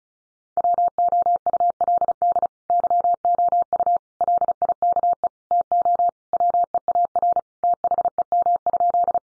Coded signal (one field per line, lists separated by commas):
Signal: Morse code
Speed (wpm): 34 wpm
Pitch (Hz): 700 Hz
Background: none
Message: WOULD YOU LIKE TO WEAR THEM?